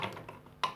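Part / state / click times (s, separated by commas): spindle lock button in a circular saw housing / seated / 0.6 s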